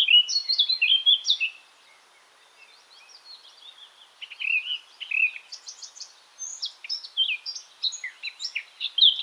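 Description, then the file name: Eurasian blackcap song, a fast warbling run of varied high notes that pauses briefly, then resumes with scratchy chattering phrases; faint background hiss throughout. "Sylvia atricapilla"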